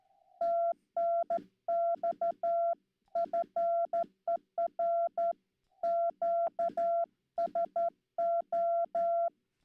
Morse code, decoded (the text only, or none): TNX FER QSO